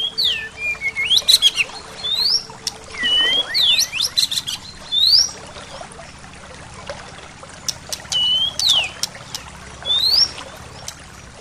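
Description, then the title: Bird song: many rising whistled notes and quick high chirps in lively bursts, pausing briefly, then resuming with more upward-sweeping whistles. "SuaraBurung Kicau"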